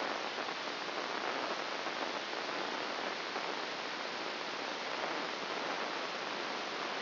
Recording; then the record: brain microelectrode recording played as sound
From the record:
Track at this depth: inside the subthalamic nucleus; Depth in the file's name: 2.004 mm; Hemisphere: left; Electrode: 1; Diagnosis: Parkinson's disease